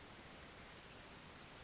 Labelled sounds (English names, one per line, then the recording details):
Pacific Wren
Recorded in Sonoma County, California